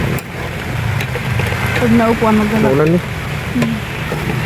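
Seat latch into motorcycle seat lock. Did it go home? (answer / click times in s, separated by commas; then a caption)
no / none. A motorcycle seat latch is handled at its seat lock, which is loose and in need of replacement, while someone talks over a steady low background hum. Nothing has seated or clicked yet.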